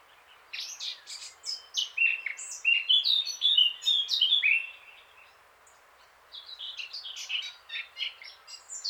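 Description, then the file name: Eurasian blackcap song: a hurried scratchy warble turns into clear fluted notes, then after a short pause another chattering, high-pitched phrase begins. "Sylvia atricapilla"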